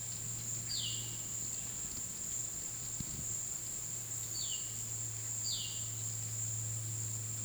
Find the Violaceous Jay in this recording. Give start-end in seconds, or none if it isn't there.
0.67-1.17, 4.33-5.88